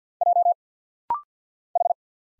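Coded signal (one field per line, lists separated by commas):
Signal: Morse code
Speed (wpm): 54 wpm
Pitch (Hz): 700 Hz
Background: none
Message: J H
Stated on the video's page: Rapid-fire 50 wpm Morse practice drill of single letters and numbers, each character sent twice for head-copy.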